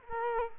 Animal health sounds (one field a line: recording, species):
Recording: mosquito wingbeat signal from an infrared sensor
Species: Culex quinquefasciatus